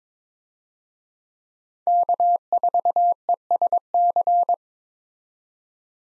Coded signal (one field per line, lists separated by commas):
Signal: Morse code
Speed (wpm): 22 wpm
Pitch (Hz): 700 Hz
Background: none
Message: K4ESC